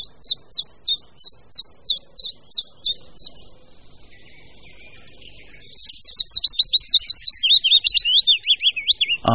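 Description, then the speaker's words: Common Chiffchaff song: a steady string of high, evenly spaced two-pitched notes, about three per second, then a pause and a different descending, warbling song. Song contrasted with that of the closely related Willow Warbler. "slyšíme hlas budnička menšího."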